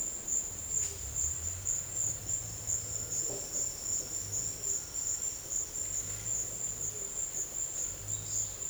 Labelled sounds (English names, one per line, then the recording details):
none
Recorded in dense forest near Puerto Asís, Putumayo, Colombia, on 22 December 2024 at 12:30
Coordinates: 0.484, -76.325
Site G056